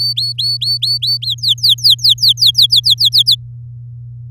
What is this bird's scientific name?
Serinus canaria